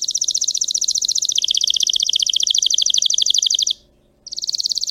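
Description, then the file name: Canary song: a sustained rapid trill that drops slightly in pitch partway through, a brief silence, then a new high trill. Singing Belgian canary, red frosted colour variety. "canto do canario belga vermelho nevado"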